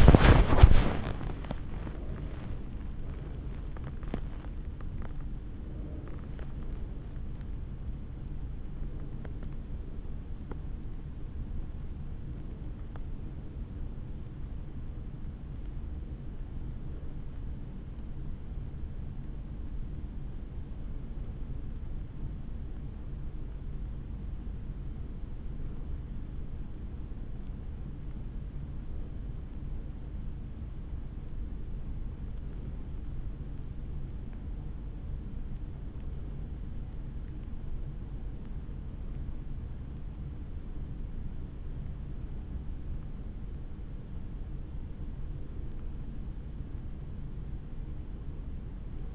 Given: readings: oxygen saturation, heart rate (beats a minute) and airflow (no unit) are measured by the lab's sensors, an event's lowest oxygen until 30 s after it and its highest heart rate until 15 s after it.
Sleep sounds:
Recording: breathing in sleep by a smartphone at the bedside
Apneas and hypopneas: 1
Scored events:
1.00-49.15 s: awake
5.00-39.30 s: hypopnea (scored as awake, oxygen 95% highest, then 90% lowest, heart rate 96 at the start, 100 highest)
20.00-49.15 s: new sleep stage, N1 (lightest sleep)
From the record:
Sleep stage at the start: awake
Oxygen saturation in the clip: 90 to 95%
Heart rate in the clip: 75 to 100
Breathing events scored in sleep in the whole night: 160 in 9.3 hours asleep

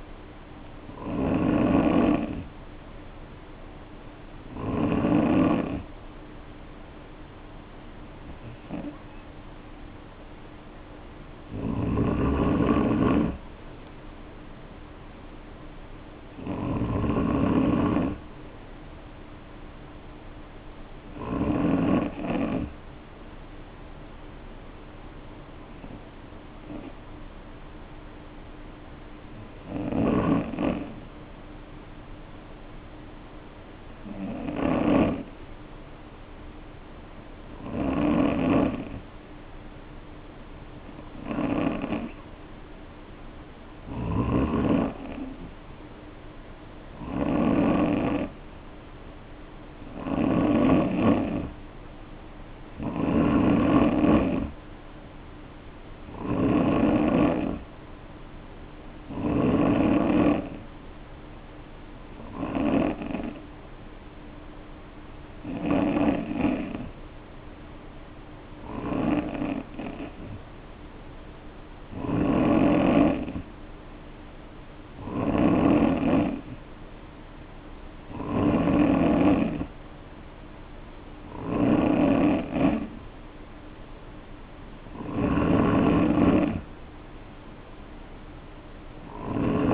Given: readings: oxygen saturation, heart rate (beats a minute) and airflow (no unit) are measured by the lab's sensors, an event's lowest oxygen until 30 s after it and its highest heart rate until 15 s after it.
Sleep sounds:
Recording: breathing in sleep by a voice recorder at the bedside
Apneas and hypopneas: 1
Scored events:
31.00-48.40 s: hypopnea (N3, oxygen 94% highest, then 89% lowest, heart rate 55 at the start, 60 highest)
From the record:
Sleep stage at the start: N3 (deep sleep)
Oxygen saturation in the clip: 89 to 94%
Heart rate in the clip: 51 to 60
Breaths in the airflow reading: 26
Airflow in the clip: -3.7 to 3.2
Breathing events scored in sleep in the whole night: 520 in 7.2 hours asleep

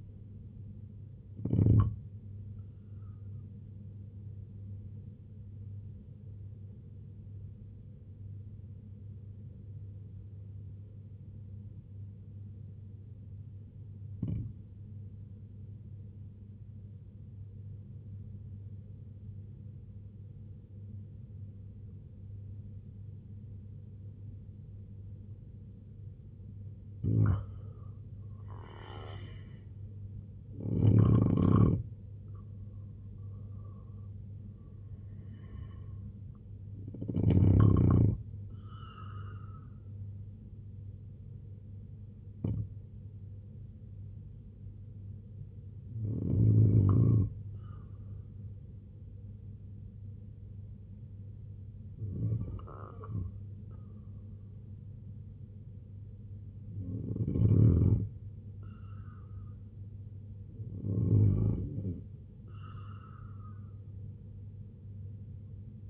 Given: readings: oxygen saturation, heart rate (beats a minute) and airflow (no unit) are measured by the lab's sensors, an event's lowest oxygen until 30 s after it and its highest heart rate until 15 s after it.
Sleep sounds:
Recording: breathing in sleep by a smartphone at the bedside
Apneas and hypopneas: 1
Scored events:
4.00-26.50 s: obstructive apnea (N1, oxygen 93% highest, then 83% lowest, heart rate 66 at the start, 86 highest)
13.00-65.90 s: new sleep stage, N2 (light sleep)
From the record:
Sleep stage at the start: N1 (lightest sleep)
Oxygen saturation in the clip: 83 to 93%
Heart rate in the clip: 65 to 86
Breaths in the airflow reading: 6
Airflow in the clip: -8.3 to 6.9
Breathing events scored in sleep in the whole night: 258 in 7.4 hours asleep

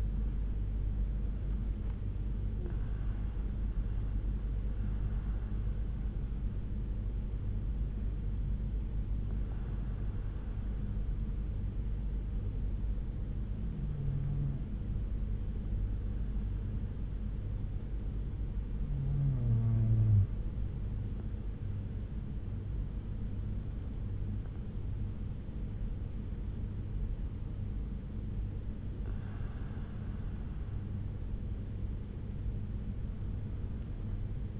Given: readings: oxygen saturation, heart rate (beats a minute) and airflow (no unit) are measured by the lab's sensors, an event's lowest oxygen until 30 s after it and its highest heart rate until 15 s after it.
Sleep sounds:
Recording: breathing in sleep by a smartphone at the bedside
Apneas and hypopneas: 1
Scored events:
7.00-26.90 s: hypopnea (N1, oxygen 94% highest, then 93% lowest)
From the record:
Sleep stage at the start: N1 (lightest sleep)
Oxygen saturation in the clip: 93 to 95%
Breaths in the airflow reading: 7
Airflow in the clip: -5.5 to 5.8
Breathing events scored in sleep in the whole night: 368 in 8.0 hours asleep

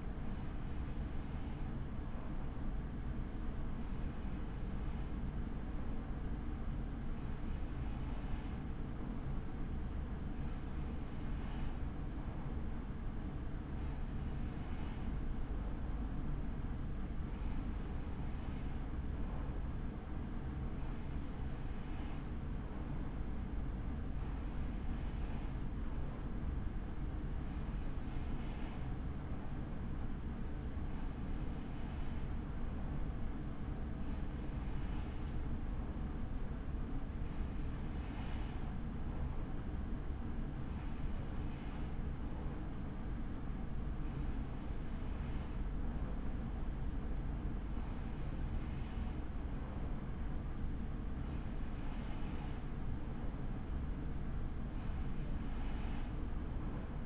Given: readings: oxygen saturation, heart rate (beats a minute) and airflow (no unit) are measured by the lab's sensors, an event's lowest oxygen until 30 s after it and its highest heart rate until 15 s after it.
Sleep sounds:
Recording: breathing in sleep by a smartphone at the bedside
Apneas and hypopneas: none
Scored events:
none scored
From the record:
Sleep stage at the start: N3 (deep sleep)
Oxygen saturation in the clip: 94%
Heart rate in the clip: 37 to 57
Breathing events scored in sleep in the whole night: 83 in 6.1 hours asleep

